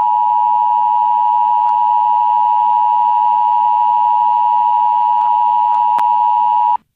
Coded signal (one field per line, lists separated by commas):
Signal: Emergency Alert System (SAME) tones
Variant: 853 and 960 Hz attention tone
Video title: EAS Troll Warning